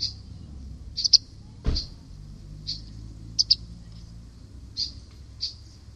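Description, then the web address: Bird calls: short high chirps, sometimes paired, repeated irregularly over a constant low engine-like rumble and one sharp knock. "Deverinetal 2025. Bird Only"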